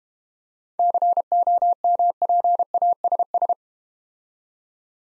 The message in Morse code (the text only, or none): COMPASS